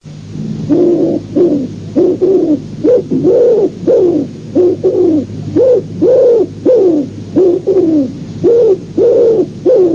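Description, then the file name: Common wood pigeon cooing: deep, hollow coos that rise and fall, repeated in a quick series throughout, over a low steady hum. "COLOMBACCIO"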